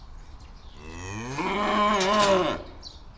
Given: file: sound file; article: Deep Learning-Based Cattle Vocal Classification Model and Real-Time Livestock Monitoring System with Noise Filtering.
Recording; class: cattle; estrus call